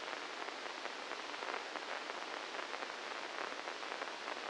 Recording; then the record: brain microelectrode recording played as sound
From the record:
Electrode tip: inside the subthalamic nucleus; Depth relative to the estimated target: -2 mm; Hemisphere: left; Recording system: NeuroSet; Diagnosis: Parkinson's disease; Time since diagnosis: 9 years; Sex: male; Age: 61 years